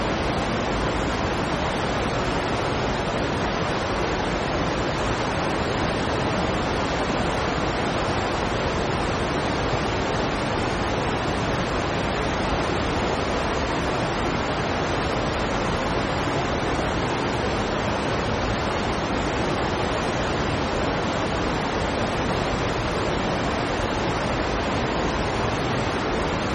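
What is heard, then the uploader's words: A steady white noise hiss fills the whole clip without any change in level or texture. The sound is dense and even from low rumble up to bright top, with no distinct events, resembling surf or wind. White Noise.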